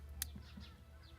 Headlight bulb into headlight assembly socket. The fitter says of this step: turn to the right and you should hear a click